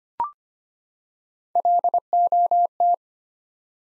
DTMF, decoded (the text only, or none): none